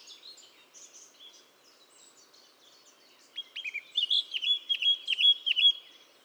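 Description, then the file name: Eurasian blackcap song: faint soft twittering at first, then a louder series of repeated fluty, down-slurred whistles over the last three seconds. "Sylvia atricapilla"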